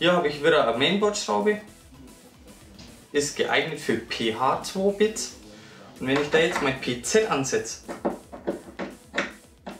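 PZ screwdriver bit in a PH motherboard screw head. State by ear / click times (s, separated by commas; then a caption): stripped / 8.8 s, 9.2 s, 9.7 s. Someone talks while a PZ2 screwdriver bit is set into the cross-head of a PH2 motherboard screw and turned. The bit keeps slipping out of the head, giving sharp slip noises at 8.8, 9.2 and 9.7 seconds. It keeps over-turning and gets no grip, so the screw head is stripped.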